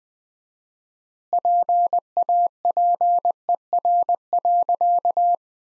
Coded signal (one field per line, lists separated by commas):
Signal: Morse code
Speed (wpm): 20 wpm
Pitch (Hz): 700 Hz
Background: none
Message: PAPER.